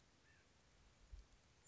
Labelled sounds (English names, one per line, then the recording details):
White-breasted Nuthatch
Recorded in Sonoma County, California